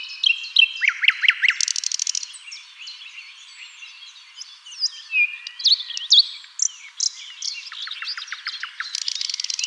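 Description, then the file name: Common nightingale in full song, opening with rapid rising whistled notes, then buzzy rattles, mixed chirps and a closing fast repeated trill. "Luscinia megarhynchos"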